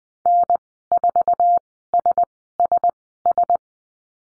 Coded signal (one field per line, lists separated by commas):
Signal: Morse code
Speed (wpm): 19 wpm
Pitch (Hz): 700 Hz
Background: none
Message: N4SSS